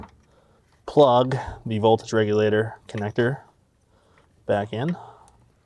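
A voltage regulator electrical connector is handled for plugging back into the alternator of a 2001-2006 BMW E46 M3 while someone talks. Only faint, small sounds come between the speech, and nothing has seated or clicked yet.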